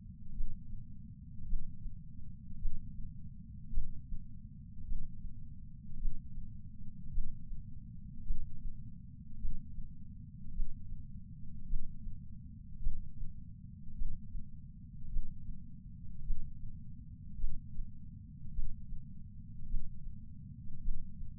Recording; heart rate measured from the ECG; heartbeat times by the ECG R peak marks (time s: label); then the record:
heart sounds by patch sensor on the chest; 53 bpm
0.33 s: heartbeat
1.45 s: heartbeat
2.58 s: heartbeat
3.70 s: heartbeat
4.84 s: heartbeat
5.97 s: heartbeat
7.10 s: heartbeat
8.23 s: heartbeat
9.37 s: heartbeat
10.52 s: heartbeat
11.66 s: heartbeat
12.80 s: heartbeat
13.94 s: heartbeat
15.08 s: heartbeat
16.23 s: heartbeat
17.37 s: heartbeat
18.51 s: heartbeat
19.66 s: heartbeat
20.80 s: heartbeat
From the record:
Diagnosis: coronary artery disease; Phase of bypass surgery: intraoperative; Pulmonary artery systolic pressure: 22 mmHg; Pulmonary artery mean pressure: 14 mmHg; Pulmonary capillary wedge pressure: 10 mmHg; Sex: male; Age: 75 years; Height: 167 cm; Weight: 58 kg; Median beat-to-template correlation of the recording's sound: 0.95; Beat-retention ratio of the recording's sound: 0.99